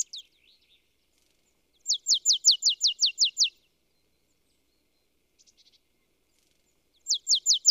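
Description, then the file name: Marsh tit giving quick bursts of sharp, downslurred high notes: a long run of many notes, a shorter burst at the end, and a few faint soft notes between. "Poecile palustris"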